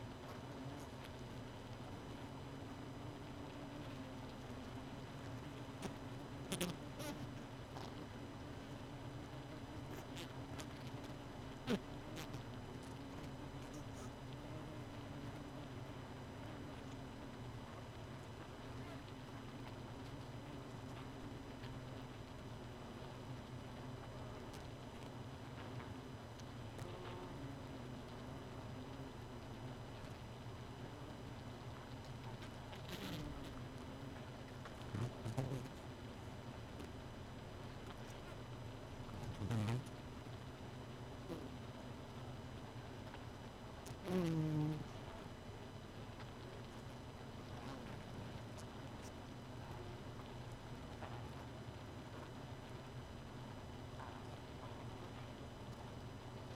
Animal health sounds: honeybee colony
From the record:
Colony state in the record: missing queen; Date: 31 May 2018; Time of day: 2:23

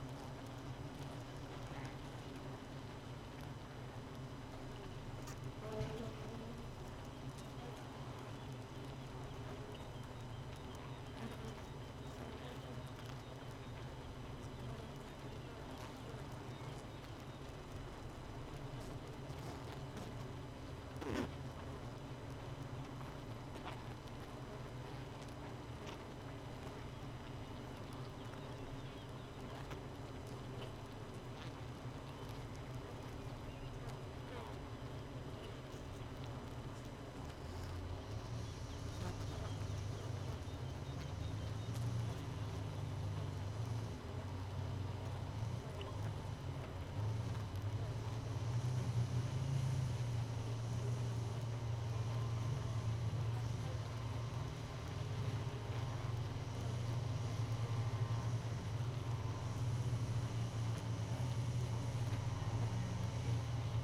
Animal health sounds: honeybee colony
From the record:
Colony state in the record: missing queen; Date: 31 May 2018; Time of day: 4:56

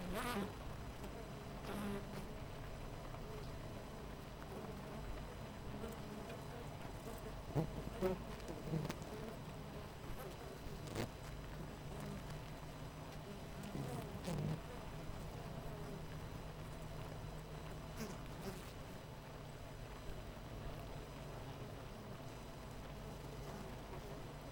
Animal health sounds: honeybee colony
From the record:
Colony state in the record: missing queen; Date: 14 July 2017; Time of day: 7:57

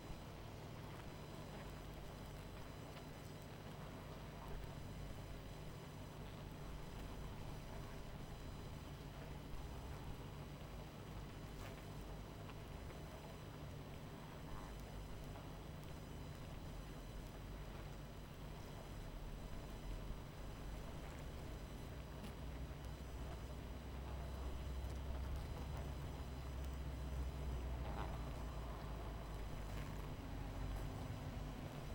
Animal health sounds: honeybee colony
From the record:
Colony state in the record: missing queen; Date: 14 July 2017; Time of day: 22:06

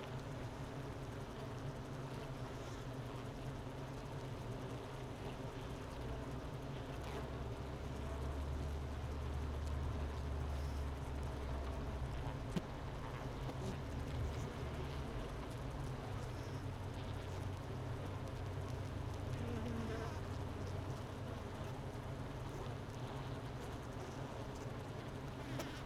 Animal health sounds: honeybee colony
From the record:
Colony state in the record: missing queen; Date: 31 May 2018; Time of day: 10:55

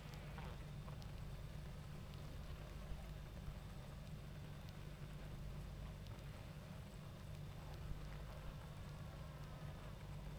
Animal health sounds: honeybee colony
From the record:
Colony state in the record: active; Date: 28 July 2017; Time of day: 20:37

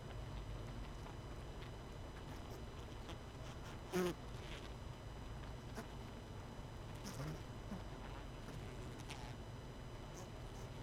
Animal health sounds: honeybee colony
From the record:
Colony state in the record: missing queen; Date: 31 May 2018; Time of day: 19:27

